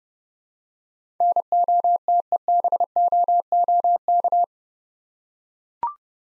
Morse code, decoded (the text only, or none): NOTEBOOK